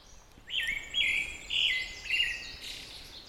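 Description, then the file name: Pale thrush singing a short run of four clear whistled notes, with soft background hiss. "thrush-pale -Turdus-pallidus"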